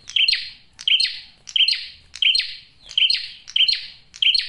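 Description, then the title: Bar-winged prinia singing sharp, bright chirps, each trailing into a buzzy rasp, repeated steadily about every 0.7 seconds, seven notes in all. Male singing loudly and clearly; used to lure birds and attract females. "PRENJAK JANTAN GACOR SUARA JERNIH, RAPET. " COCOK UNTUK PIKAT MAUPUN PANCINGAN BETINA "."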